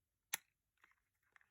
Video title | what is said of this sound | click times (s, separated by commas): Scalextric Austin Mini Cooper C76 | there's the two clicks and now that means it's all back together and it's sturdy | 0.3 s